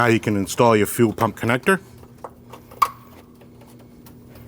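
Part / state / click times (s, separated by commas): harness connector into fuel pump assembly plate / seated / 2.8 s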